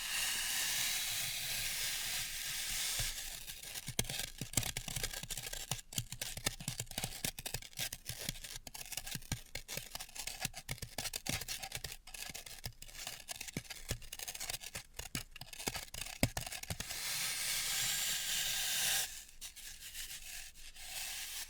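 Floral foam being worked with a dense, crumbly crackle and scraping that keeps up from about 3 to 19 seconds, full of quick irregular crunches and sharp ticks. Softer, steadier hissing rubbing fills the opening seconds and returns after 19 seconds.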